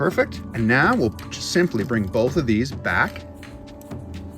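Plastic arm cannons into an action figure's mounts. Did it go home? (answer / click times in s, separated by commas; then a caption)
no / none. Someone talks while both plastic arm cannons on a 2022 Beast Wars Optimus Primal action figure are brought back down toward their mounts. A few faint plastic ticks follow near the end. Nothing has seated or locked into place yet.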